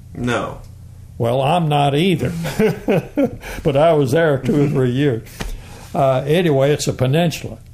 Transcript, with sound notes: No.
Well, I’m not either, [laughter] but I was there two or three years. Anyway, it’s a peninsula,